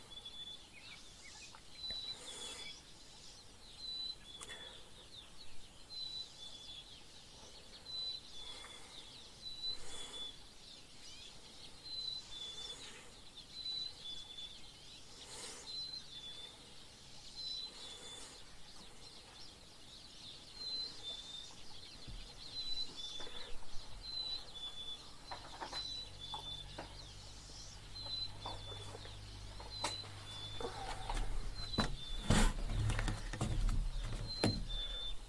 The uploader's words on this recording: Bird Song with Tea. This morning I spent some time outside having some tea.